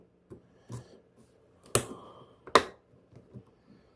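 A second RAM module is pushed into its motherboard memory slot, and two sharp clicks ring out at 1.8 s and 2.6 s as the slot latches close. Soft handling noise surrounds the clicks, and the module ends up seated.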